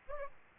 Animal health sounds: mosquito wingbeat signal from an infrared sensor; Aedes aegypti

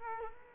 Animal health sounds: mosquito wingbeat signal from an infrared sensor; Culex quinquefasciatus

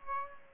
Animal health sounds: mosquito wingbeat signal from an infrared sensor; Aedes aegypti

